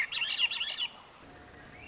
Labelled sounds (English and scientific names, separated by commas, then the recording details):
Swainson's Thrush (Catharus ustulatus)
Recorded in Sonoma County, California